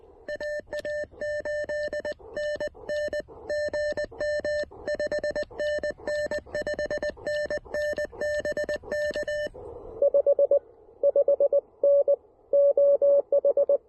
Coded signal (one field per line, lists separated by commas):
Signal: Morse code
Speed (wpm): 21 wpm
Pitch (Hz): 590 Hz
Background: none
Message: AA8NN GM 5NN 5NN BK 5 5 N OH